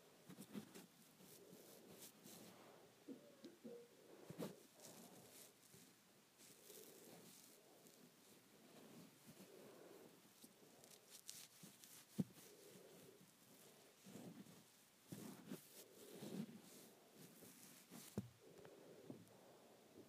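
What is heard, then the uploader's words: Hair being handled and played with: soft continuous rustling and brushing, with brief sharper crackles near 12 and 18 seconds. ASMR Hair Play.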